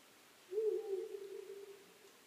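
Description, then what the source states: Owl calling once, a hollow, low-pitched hoot with a stressed start and a long steady fade. Recorded 23 May 2010 at 00:59.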